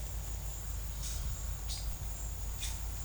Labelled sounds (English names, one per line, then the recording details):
none
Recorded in secondary vegetation near Puerto Asís, Putumayo, Colombia, on 22 December 2024 at 14:00
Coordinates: 0.499, -76.323
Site G010